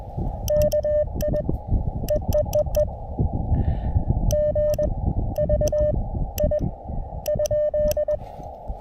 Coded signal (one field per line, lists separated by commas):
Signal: Morse code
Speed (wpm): 20 wpm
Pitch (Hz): 590 Hz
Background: none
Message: KI EEEE G V I ?